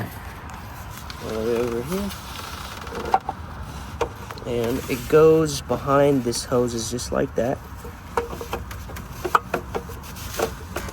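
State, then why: Seated. On a 2009–2013 BMW 328i (E90/E91/E92/E93), a coolant hose is routed behind other hoses and its plastic quick-connect fitting is pushed onto the engine cooling connection while someone talks. Several short knocks and taps occur, and on the second try the fitting clicks home at 9.4 s, fully seated.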